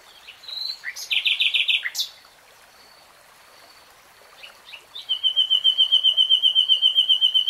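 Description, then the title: Nightingale song: quick buzzy run of repeated notes, a quiet gap, then a long steady rapid trill holding one pitch until the end. "[Tiếng chim hót] REALTIME Nightingale Singing"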